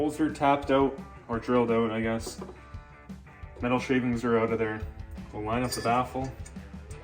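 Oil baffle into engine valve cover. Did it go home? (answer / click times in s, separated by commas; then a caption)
no / none. Someone talks over music while lining up an oil baffle inside a new valve cover for a 1957 Chevy 1300 engine, where it will press in around a rubber grommet. Only handling sounds are heard, and nothing has seated or clicked into place yet.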